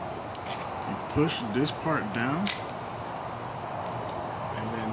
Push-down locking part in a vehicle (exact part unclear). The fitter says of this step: and then I'll be pushing it up right after I push it down until you hear that click sound like you just heard.